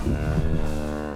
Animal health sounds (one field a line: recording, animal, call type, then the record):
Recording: contact call of a hoofed animal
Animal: cattle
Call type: low-frequency (closed-mouth) or high-frequency (open-mouth) call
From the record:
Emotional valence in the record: negative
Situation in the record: physical separation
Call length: 1.17 s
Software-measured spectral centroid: 1590 Hz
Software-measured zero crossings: 810 a second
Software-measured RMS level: -24 dBFS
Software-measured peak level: -10 dBFS